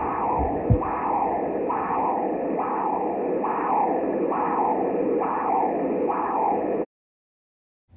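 Rhythmic whooshing pulses, about 70 a minute: transcranial Doppler flow signal from the terminal internal carotid artery of an adult, normal pulsatile flow.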